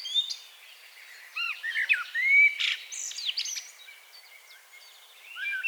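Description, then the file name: Common blackbird pouring out varied fluted notes and sharp squeaky twitters in a jumbled phrase, then a final short warble. "Turdus merula"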